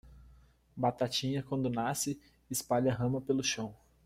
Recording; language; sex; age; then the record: short text; Brazilian Portuguese; male; 20 to 29 years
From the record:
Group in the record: control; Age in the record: 21 years